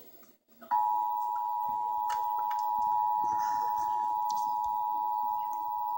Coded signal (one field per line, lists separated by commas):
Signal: Emergency Alert System (SAME) tones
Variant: 853 and 960 Hz attention tone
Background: speech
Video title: Severe Thunderstorm Warning Fulton IL (EAS 436-437)